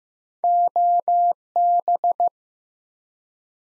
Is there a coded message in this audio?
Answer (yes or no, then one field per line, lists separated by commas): yes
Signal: Morse code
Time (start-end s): 0.4-2.3 s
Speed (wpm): 15 wpm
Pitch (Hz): 700 Hz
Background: none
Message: OB